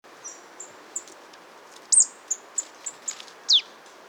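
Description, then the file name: Marsh Tit calls: thin, very high notes scattered throughout, with a louder one near the middle and a strong falling note near the end. "Poecile palustris"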